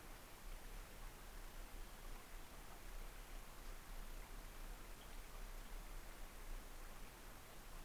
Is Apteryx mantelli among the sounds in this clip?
no